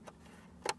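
The climate control / four-wheel drive adapter plug is pushed into its wiring harness socket while a 13.6-inch Android 13 car radio is installed in a 2016–2023 Toyota Tacoma. A faint tick near 0.1 s is followed by a sharp, bright click at 0.7 s as the plug seats, which only goes in one way. The connector is fully seated.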